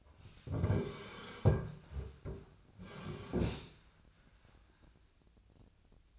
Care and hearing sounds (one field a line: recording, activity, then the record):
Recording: daily activity, microphone in the room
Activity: sit down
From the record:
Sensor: 2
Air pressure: 1009.1 hPa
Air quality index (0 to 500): 174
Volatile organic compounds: 2 ppm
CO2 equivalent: 1264 ppm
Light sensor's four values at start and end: 38/101/43/46 and 37/97/41/44